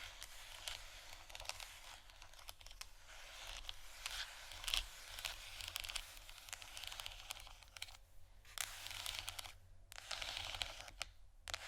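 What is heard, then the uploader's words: Scratching and tapping on canisters, a dense, restless stream of bright scraping with quick clicks and taps scattered throughout. The texture stays busy and fairly even, with a few brief pauses around eight and eleven seconds and sharper taps near the five-second mark. ASMR Scratching & Tapping On Canisters（No Talking）.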